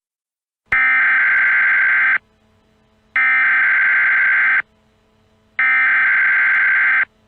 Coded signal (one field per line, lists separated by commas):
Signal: Emergency Alert System (SAME) tones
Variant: header bursts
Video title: Twisted Metal 1 : an EAS Scenario